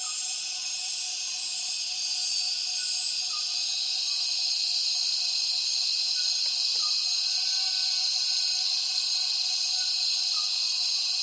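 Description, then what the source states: Cicadas in a dense chorus: steady, shrill buzzing bands layered high and unbroken throughout, with faint brief whistled notes beneath and a pulsing high rattle early on. Many cicadas calling at dusk as the afternoon light fades, rainforest in Tawau Hills National Park, Borneo; recorded with Zoom F6 and Lom MikroUsi Pro microphones.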